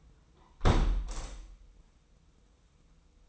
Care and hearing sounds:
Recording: daily activity, microphone in the room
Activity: close window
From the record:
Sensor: 1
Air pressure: 990.4 hPa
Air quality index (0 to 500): 160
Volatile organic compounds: 1000 ppm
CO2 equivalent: 5808 ppm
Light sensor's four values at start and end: 20/46/20/21 and 20/45/19/21

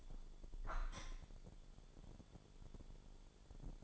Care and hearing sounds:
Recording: daily activity, microphone in the room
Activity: open window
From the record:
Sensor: 5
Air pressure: 1015.0 hPa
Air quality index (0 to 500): 100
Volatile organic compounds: 2 ppm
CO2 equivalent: 1072 ppm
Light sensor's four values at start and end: 35/80/32/31 and 35/80/32/31

